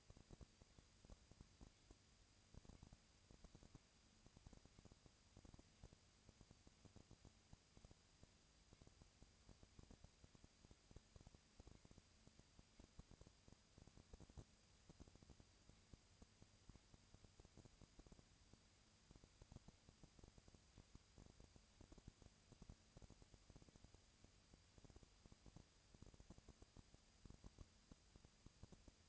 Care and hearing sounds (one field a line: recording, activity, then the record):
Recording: daily activity, microphone in the room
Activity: no activity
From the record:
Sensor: 2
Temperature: 20.1 degrees Celsius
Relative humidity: 35.5%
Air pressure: 996.9 hPa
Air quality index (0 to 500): 197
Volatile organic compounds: 30 ppm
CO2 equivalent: 2958 ppm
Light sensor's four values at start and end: 2/3/2/2 and 2/3/2/2